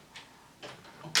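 A plastic clip-on part is pressed onto a laptop body during the final touches of a Dell laptop repair. After soft handling rustles near 0.2 s and 0.6 s, a sharp, bright snap rings out at 1.2 s as the part seats firmly in place, like Lego bricks clicking together.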